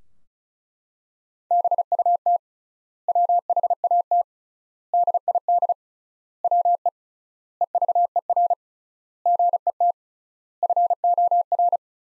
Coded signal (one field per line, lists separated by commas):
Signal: Morse code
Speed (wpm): 34 wpm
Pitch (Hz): 700 Hz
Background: none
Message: BUT WHAT DID WE EVER GET FOR